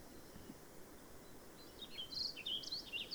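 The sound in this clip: Bird song: quiet, high, thin warbled notes rising and falling, growing in the second half over a steady background hiss.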